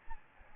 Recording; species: mosquito wingbeat signal from an infrared sensor; Aedes albopictus